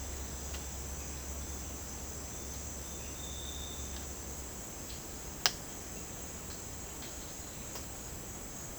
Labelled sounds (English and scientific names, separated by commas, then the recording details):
none
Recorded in dense forest near Puerto Asís, Putumayo, Colombia, on 19 March 2025 at 09:00
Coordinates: 0.481, -76.323
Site G088